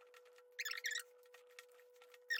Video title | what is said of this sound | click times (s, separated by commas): How to remove airbag and change airbag cover Tesla | Okay, you heard a click. | 0.6 s